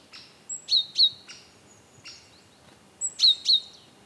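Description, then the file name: Great tit call: two quick pairs of hard, bright notes, separated by a pause with a faint thin whistle. "Parus major"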